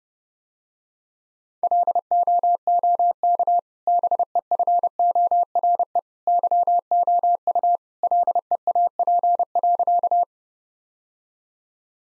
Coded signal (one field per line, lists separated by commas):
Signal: Morse code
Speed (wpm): 30 wpm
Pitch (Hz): 700 Hz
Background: none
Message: LOOK BEFORE YOU LEAP.